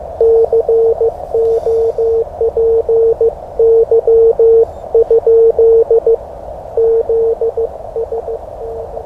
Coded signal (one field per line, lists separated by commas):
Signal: Morse code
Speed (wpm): 15 wpm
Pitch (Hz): 460 Hz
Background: none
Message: COPY? ZST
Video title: Preliminary CW Morse Code practice 3rd July 2021